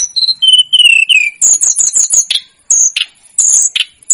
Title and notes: Masteran Tledekan Gunung Sikatan Gunung 1. BURUNG TLEDEKAN